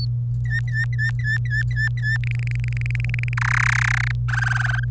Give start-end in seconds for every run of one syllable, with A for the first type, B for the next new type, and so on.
0.45-2.17 A, 2.24-3.33 B, 3.37-4.11 C, 4.29-4.84 D